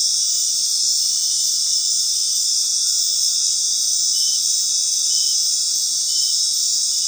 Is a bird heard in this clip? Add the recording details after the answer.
no. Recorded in dense forest near Puerto Asís, Putumayo, Colombia, on 20 February 2024 at 19:30. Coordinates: 0.499, -76.324. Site G6469